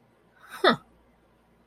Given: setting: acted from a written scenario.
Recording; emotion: vocal sound without words; contempt